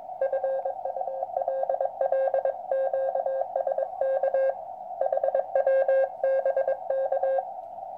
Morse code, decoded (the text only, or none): FULL QSK HW BK